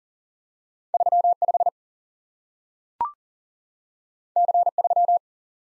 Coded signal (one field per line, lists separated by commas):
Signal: Morse code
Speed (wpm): 41 wpm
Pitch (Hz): 700 Hz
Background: none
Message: 3 5 C 3